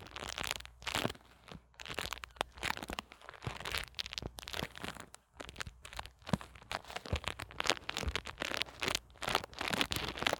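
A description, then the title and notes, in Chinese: A lavalier microphone being fiddled with and handled in various ways, giving dense, irregular crackling, rubbing and crinkling noises that run almost nonstop. Sharp scratchy bursts come in quick clusters, with only short pauses, the longest just past the five-second mark. ASMR 各種玩弄線麥!!(小刺激慎入) | Lo-fi Earphone Mic | No Talking。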